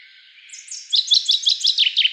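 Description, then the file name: Common chaffinch song fragment, high thin notes opening into a rapid series of repeated descending notes, cut off mid-phrase. "Fringilla coelebs"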